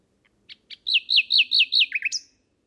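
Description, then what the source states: Common Nightingale song phrase: a few quiet chips building to a rapid series of loud, looping whistled notes, ending in a rising flourish, over a near-silent background. Male singing at night on 13 May near a home in Kent, England, after returning; recorded with a parabolic reflector focused on him about 15 feet away.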